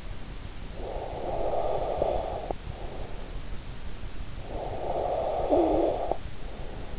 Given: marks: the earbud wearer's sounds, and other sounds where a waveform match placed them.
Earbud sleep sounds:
sounds in sleep by an in-ear microphone; breath, snoring breath
0.60-3.47 s: breath
4.21-6.98 s: snoring breath

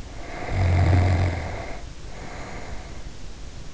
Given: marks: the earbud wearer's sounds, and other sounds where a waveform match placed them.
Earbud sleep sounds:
sounds in sleep by an in-ear microphone; snoring breath
0.00-3.22 s: snoring breath

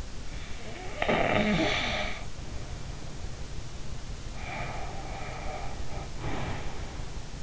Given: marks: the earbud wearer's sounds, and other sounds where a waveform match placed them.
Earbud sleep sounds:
sounds in sleep by an in-ear microphone; snoring breath, breath
0.54-3.46 s: snoring breath
4.35-7.42 s: breath

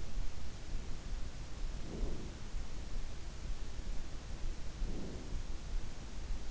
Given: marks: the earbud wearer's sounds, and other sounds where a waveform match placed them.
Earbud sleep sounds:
sounds in sleep by an in-ear microphone; breath
1.68-2.22 s: breath
4.64-5.43 s: breath

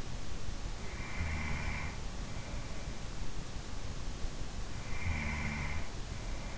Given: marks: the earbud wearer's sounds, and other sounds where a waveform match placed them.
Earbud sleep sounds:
sounds in sleep by an in-ear microphone; breath
0.99-2.32 s: breath
4.63-6.58 s: breath

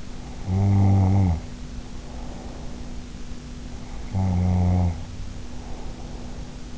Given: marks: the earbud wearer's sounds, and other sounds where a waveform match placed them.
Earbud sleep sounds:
sounds in sleep by an in-ear microphone; snoring breath
0.05-3.13 s: snoring breath
3.59-6.78 s: snoring breath

